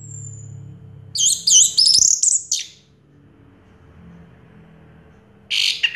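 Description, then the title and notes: Orange-headed thrush song: a thin faint whistle, then a burst of fast, high warbled notes, silence, and a short scratchy phrase at the close. Song in the teler style, described as clear-voiced; part of a complete collection of this species' songs. "Anis Merah Teler Suara Jernih. kumpulan suara anis merah lengkap"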